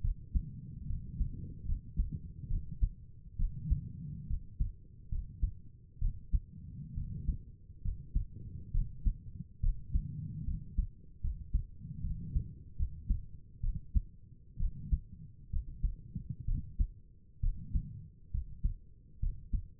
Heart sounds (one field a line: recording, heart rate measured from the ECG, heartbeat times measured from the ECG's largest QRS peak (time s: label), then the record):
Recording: heart sounds by stethoscope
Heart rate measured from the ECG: 69 bpm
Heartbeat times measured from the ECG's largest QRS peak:
0.03 s: heartbeat
0.88 s: heartbeat
1.67 s: heartbeat
2.49 s: heartbeat
3.38 s: heartbeat
4.28 s: heartbeat
5.10 s: heartbeat
6.00 s: heartbeat
6.96 s: heartbeat
7.83 s: heartbeat
8.73 s: heartbeat
9.62 s: heartbeat
10.46 s: heartbeat
11.22 s: heartbeat
12.03 s: heartbeat
12.78 s: heartbeat
13.62 s: heartbeat
14.59 s: heartbeat
15.51 s: heartbeat
16.47 s: heartbeat
17.42 s: heartbeat
18.32 s: heartbeat
19.21 s: heartbeat
From the record:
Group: healthy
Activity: cold pressor test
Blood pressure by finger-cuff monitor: 81/55 mmHg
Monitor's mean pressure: 64 mmHg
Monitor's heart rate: 68 bpm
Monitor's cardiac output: 5.4 L/min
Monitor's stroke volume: 78 mL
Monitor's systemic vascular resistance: 850 dyn s/cm5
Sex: female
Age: 22 years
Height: 163 cm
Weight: 67.1 kg